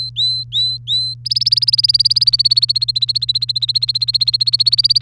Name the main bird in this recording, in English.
Domestic Canary